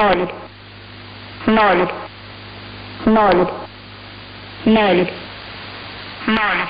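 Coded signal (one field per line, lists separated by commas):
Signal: numbers station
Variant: S06s Russian Lady, Russian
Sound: a woman's voice reading single numbers, five evenly spaced words over low hum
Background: radio static and hum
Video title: 21 01 2022 Number station S06s Russian Lady in Russian to Eu 0840 on 12153 unknown tx site in CUSB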